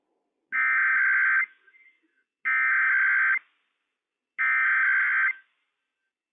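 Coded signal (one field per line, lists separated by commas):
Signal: Emergency Alert System (SAME) tones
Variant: header bursts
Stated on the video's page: Required Weekly Test for the whole state issued by the state emergency operations center.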